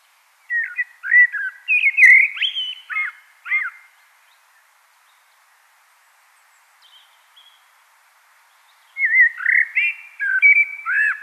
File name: Turdus merula